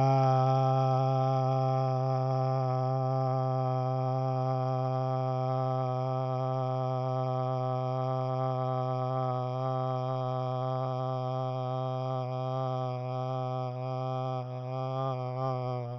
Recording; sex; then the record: sustained vowel /a/; male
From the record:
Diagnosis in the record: Parkinson's disease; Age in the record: 70 years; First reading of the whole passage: 68 s, 7.6 characters per second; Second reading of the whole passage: 61 s, 8.4 characters per second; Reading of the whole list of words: 64 s, 4.4 characters per second